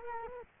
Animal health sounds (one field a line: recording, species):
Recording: mosquito wingbeat signal from an infrared sensor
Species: Culex quinquefasciatus